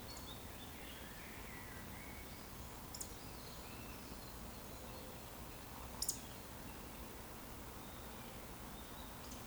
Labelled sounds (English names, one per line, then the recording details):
Eurasian Woodcock whistle
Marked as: whistle, whistle, whistle, whistle
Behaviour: display flight
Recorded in Baden-Württemberg, Germany, on 12 June 2020 at 20:02 UTC
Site 14569, 102 m above sea level